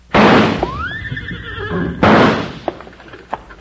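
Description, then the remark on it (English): A team of two horses gives a loud, rising whinny between two sharp bursts, followed by scattered hoofbeats as they bolt away, with no talking. “Hey, it worked. Them two horses took off like they were heading for the barn.”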